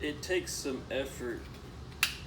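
A fixed-blade knife is pulled out of its kydex sheath against the sheath's retention while someone talks. At 2.0 s it pops free with a single sharp snap, and the knife is released from the sheath.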